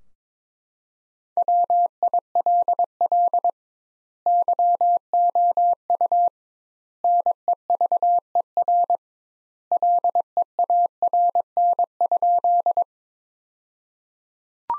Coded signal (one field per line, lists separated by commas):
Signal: Morse code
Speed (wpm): 22 wpm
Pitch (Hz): 700 Hz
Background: none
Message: WILL YOU NEVER LEARN?